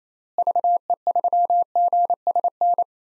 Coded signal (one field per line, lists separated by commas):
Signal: Morse code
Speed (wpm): 28 wpm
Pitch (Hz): 700 Hz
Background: none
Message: VE3GSN